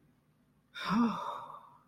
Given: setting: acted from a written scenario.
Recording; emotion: vocal sound without words; relief